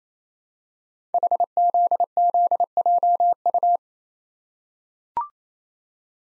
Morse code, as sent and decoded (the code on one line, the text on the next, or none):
.... --.. --.. .--- ..-
HZZJU